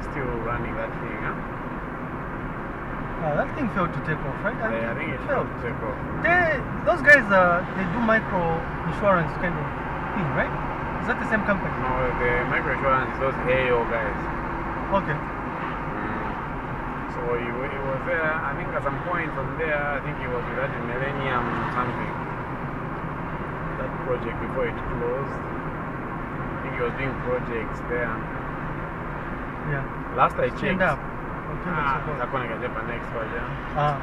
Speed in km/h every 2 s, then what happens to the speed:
54, 53, 52, 52, 52, 54, 56, 55, 55, 51, 49, 52, 54, 56, 55, 55, 54.
0-34 steady at about 54.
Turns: none.